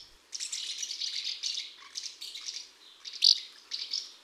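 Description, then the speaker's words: Swallows twittering, quick scratchy high chirps in short bursts, with one brighter louder note near the end. Heard in the morning in a village, under the roofs. "Ce matin, au village, on a entendu les petites hirondelles sous les toits."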